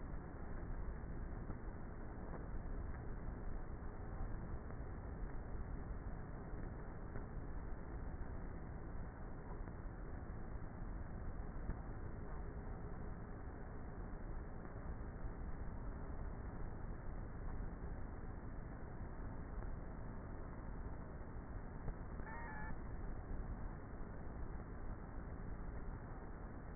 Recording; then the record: honeybee colony, microphone inside the hive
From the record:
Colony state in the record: queenless with a low population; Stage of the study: before two queens were removed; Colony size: about 30,000 bees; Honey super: no